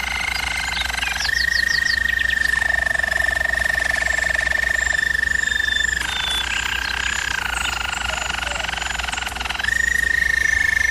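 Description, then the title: German Roller canary holding long, even rolled trills, switching between a steady bright trill and lower rattling passages, with a few quick upward notes. German Roller canary singing, for canary training. "German Roller Canary Singing - Canary Training Vid"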